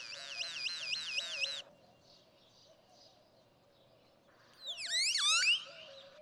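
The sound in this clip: Great-tailed grackle song: a run of wavy, warbling whistled notes, a pause, then a loud burst of sharp descending notes.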